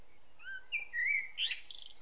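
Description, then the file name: Common blackbird song phrase: soft fluty whistles sliding up and down, ending in a brief squeaky twitter; quiet background hiss. "Turdus merula"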